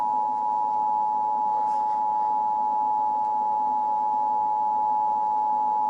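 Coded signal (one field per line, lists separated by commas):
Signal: Emergency Alert System (SAME) tones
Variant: 853 and 960 Hz attention tone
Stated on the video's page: Simulated EAS scenario.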